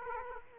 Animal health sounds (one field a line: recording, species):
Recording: mosquito wingbeat signal from an infrared sensor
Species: Aedes aegypti